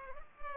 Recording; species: mosquito wingbeat signal from an infrared sensor; Culex pipiens